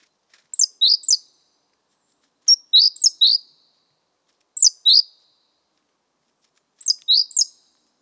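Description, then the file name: Great tit calling in bright, high bursts of two to four notes, each group spaced roughly two seconds apart against a quiet background. "Parus major"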